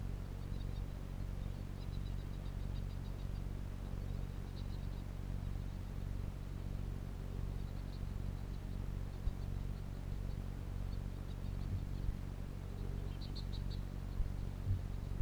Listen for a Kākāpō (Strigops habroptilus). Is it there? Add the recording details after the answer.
yes. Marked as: faintness 5/5, faintness 4/5. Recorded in New Zealand. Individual Piripi